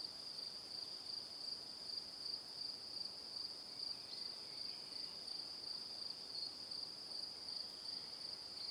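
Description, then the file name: Steady cricket chirping, a shrill repeated pulse a few times a second. Crickets chirping in the evening. "Calm - Evening Crickets"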